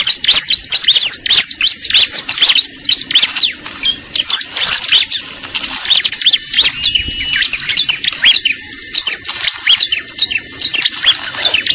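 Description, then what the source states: Lovebird chirping calls, dense rapid high-pitched tweets and squeaky notes, many overlapping in quick bursts with brief pauses throughout. Lure recording (pikat) used to attract lovebirds.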